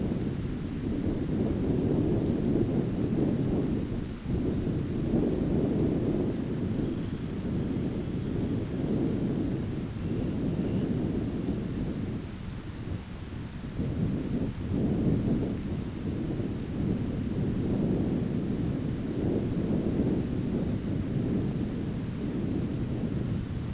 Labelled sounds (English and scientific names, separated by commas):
Dunlin (Calidris alpina)